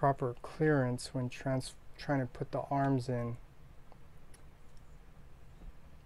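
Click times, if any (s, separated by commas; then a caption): 3.9 s, 4.3 s. Someone talks while pushing the plastic chest section of a transforming robot toy figure upward into its torso, so the arms have proper clearance when they are put in. After the talking stops, two small ratchet clicks sound at 3.9 s and 4.3 s as the chest seats into place.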